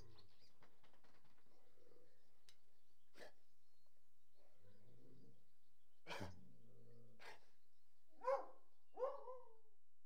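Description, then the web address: Hunting hounds whining at a low level: two short, wavering whines near the end, after scattered low snuffles, thumps and rustling. A pack of about 60 hunting hounds, whining. "BBC Sound Effects Library. Hunting Hounds"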